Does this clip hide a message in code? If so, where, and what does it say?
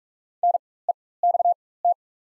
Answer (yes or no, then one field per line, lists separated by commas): yes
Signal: Morse code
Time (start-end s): 0.4-1.9 s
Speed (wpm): 47 wpm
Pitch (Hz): 700 Hz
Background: none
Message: NEXT